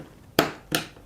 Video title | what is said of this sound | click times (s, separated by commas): The $1500 Mini-ITX Gaming PC Build - Assembly Guide feat. SilverStone's SG13 and Corsair's Hydro H60 | snapped in on both sides I should be good I should be good | 0.4 s, 0.8 s